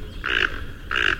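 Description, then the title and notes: Toco Toucan giving two rasping, grating croaks about two-thirds of a second apart, with a low background hum. Toco Toucan of South America. "The Toco Toucan of South America. BirdNote"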